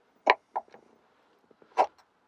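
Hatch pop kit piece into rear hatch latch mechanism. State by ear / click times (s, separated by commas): seated / 0.3 s, 0.6 s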